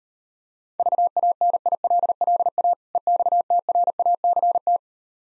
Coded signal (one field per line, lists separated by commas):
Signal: Morse code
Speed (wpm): 38 wpm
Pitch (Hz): 700 Hz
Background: none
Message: VANILLA EXTRACT